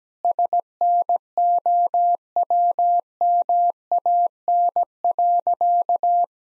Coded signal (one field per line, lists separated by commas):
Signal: Morse code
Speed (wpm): 17 wpm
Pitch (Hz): 700 Hz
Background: none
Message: SNOWMAN.